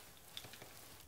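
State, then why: Not seated. Handling of the plastic fold-lock storage latch on a folded Uppababy G-Luxe stroller, after a latch repair, as the latch is swung over the top of the frame toward its frame catch. A faint, crackly rustle runs throughout, with one brief sharp tick near 0.4 s and a few soft taps after. Nothing has seated or clicked yet.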